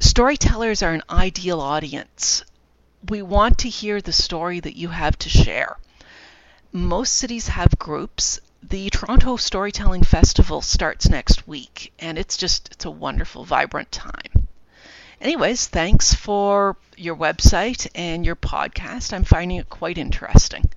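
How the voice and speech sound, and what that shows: An adult woman who is a fluent speaker, not a person who stutters, talks smoothly at an even pace, with no repeats, blocks or stretched sounds: ordinary fluent speech.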